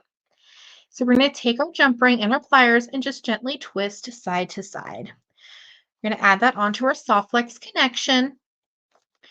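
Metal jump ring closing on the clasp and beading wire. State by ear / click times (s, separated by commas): not seated / none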